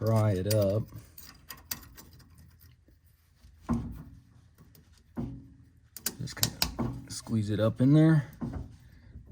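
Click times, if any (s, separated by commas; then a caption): none. A metal brake pad abutment clip for a 1998-2002 Honda Accord is pried and squeezed up into the caliper bracket while someone talks, with brief sharp handling ticks around 6 seconds. Nothing has seated or clicked into place yet; the clip's tabs have not locked into the bracket.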